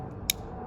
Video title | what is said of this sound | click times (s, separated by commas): Leatherman Rebar - Unboxing & Review | Hear that click, that little piece opens, and it is ready to be closed. | 0.3 s